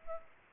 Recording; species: mosquito wingbeat signal from an infrared sensor; Aedes albopictus